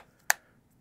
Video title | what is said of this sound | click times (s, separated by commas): How to Setup your Grandstream WP810 WiFi Handset | and push it in until it clicks | 0.3 s